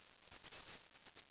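Bird giving two high, thin notes, a level whistle followed by a brief falling one.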